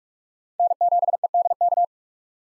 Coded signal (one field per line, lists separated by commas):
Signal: Morse code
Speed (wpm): 41 wpm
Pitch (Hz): 700 Hz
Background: none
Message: N7EDK